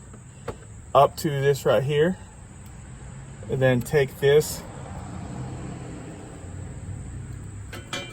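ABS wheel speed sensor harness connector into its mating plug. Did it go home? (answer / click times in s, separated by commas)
yes / 7.9 s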